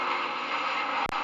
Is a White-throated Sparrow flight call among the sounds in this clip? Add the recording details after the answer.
no. No flight call is heard. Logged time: 22:57 on 31 October 2014